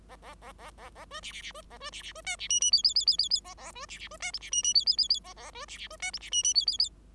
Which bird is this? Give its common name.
Bengalese Finch